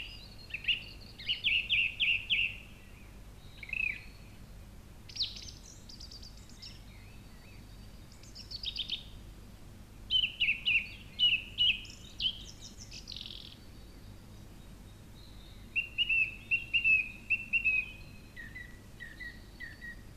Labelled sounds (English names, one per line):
Song Thrush song